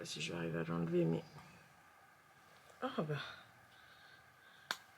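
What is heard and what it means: Someone talks while pulling a removable clip-on pompom off a knitted wool beanie. After a quiet pause, a single sharp snap at 4.7 s marks the clip releasing and the pompom coming off the hat.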